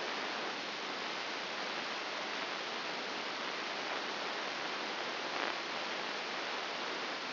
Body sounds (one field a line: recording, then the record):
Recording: brain microelectrode recording played as sound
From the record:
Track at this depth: outside the subthalamic nucleus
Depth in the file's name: 5.701 mm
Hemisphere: left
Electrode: 2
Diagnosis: Parkinson's disease